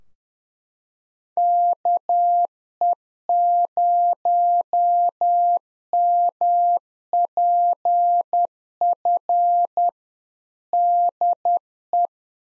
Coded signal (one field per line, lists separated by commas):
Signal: Morse code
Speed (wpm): 10 wpm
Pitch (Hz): 700 Hz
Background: none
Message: KE0MPF DE